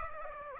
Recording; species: mosquito wingbeat signal from an infrared sensor; Aedes aegypti